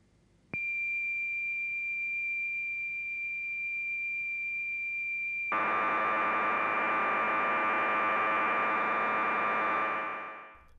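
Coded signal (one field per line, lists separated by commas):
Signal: computer data on cassette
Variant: Basicode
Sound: a steady high whistle for five seconds, then a harsh buzzing warble of data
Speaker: I eagerly loaded up the translator using spectacular's option to use real audio and tried to load a game car race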